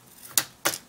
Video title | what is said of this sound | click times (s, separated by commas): LEGO Monkie Kid 2024 Megapolis City: 5th Anniversary 80054 Build Part 6 | um okay they just snap right in | 0.4 s, 0.7 s